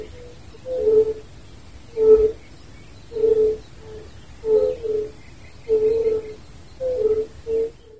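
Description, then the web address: Fire-bellied toad calls: soft, mellow hooting notes repeated about once a second, some paired, over faint background noise. "hiddenaudio wider unken"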